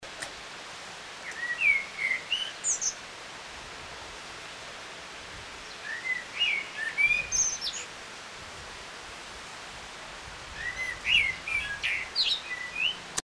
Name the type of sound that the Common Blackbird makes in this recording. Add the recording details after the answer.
song. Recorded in the wild. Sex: male. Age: adult. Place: Oberstdorf, Bayern, DE. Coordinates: 47.3961, 10.2503. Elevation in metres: 1030. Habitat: mountains. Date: 1985-04-04. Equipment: Uher 4000 Report. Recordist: Tretzel, Erwin. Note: Edmund-Probst-Weg, Oberstdorf: Gesang